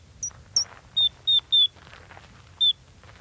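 Gray's lark calls: two high clipped notes followed by four flat whistled notes at a lower pitch, the last after a short pause.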